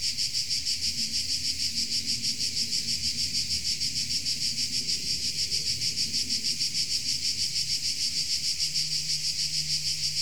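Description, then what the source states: Insects buzzing together in a high, pulsing drone about three beats a second, with a low steady hum joining near the end. Insects in Tuscany.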